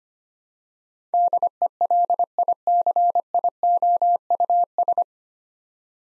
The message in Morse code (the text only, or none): DELICIOUS